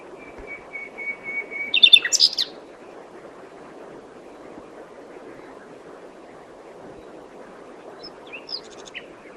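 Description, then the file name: Common nightingale song: a long steady whistle, then a burst of rapid, varied notes, then a pause and a faint fragment near the end, over steady background noise. "Luscinia megarhynchos"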